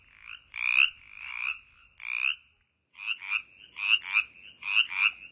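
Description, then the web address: Brimley's chorus frog giving short raspy trills, some doubled, irregularly spaced with brief pauses between bursts, against a quiet background. In North America. "Songs of Frogs Toads of North America. Brimleys Chorus Frog"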